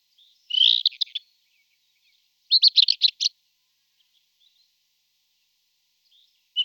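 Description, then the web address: Rufous-tailed scrub robin song, short high bursts of rapid scratchy and whistled notes, two phrases a couple of seconds apart, with a loud note cut off at the end. "All the bird songs of Britain and Europe - Jean-Claude Roche. Cercotrichas galactotes"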